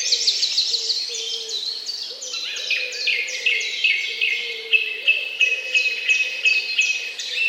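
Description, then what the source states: Birds in full chorus, quick repeated high chirps and trills layered together over a soft, low warbling phrase. Morning birdsong.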